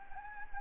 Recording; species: mosquito wingbeat signal from an infrared sensor; Anopheles arabiensis